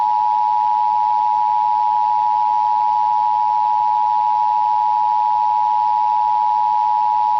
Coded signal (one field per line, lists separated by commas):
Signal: Emergency Alert System (SAME) tones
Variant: 853 and 960 Hz attention tone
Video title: WHEN WBAP SCREWS UP... | EAS Alerts from 6/11/2023 (EAS #1911-1925)